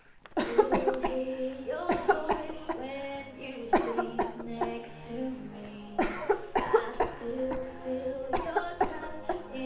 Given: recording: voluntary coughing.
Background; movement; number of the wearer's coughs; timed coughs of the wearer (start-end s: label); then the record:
music; sitting; 15
0.34-0.69 s: cough
0.69-1.01 s: cough
1.01-1.29 s: cough
1.86-2.26 s: cough
2.67-2.87 s: cough
3.70-4.12 s: cough
4.16-4.44 s: cough
4.58-4.93 s: cough
5.96-6.44 s: cough
6.53-6.93 s: cough
6.97-7.20 s: cough
7.30-7.74 s: cough
8.30-8.68 s: cough
8.78-9.14 s: cough
9.26-9.58 s: cough
From the record:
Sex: female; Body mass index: 18.8 kg/m2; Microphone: on the chest, facing outward